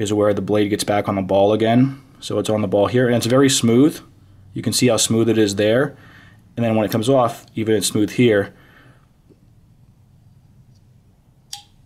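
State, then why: Seated. A titanium folding knife with a frame lock handle is flipped open by hand while a man talks for about the first 8.5 seconds. Then it goes quiet, and a sharp click at 11.5 s is heard as the blade rides off the ball detent and locks open against the stop pin.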